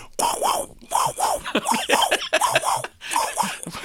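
Rhythmic whooshing vocal pulses, about 80 a minute, an adult imitating the fetal heart sound machine used during labour: the baby's heart sound heard while the monitor sits on the mother's belly.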